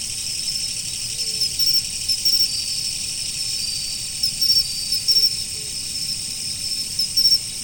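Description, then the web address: Autumn insects: a steady high shrill drone with short bursts of rapid trilled chirps scattered through. "nature 01 autumn insects"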